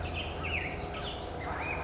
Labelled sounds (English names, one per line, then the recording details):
California Towhee
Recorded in Sonoma County, California